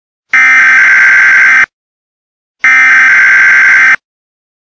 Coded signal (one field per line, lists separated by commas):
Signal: Emergency Alert System (SAME) tones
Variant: header bursts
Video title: EAS Scenario #11 The Hail Storm